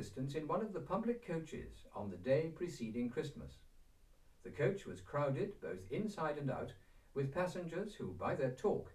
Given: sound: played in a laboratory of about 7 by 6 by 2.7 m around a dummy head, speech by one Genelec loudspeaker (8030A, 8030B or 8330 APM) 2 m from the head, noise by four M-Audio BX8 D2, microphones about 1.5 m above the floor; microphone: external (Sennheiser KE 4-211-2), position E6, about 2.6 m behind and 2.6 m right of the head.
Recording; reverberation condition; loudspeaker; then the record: male speech in English; low; 90 degrees to the left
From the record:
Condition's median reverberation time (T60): about 310 ms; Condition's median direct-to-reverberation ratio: about 3.5 dB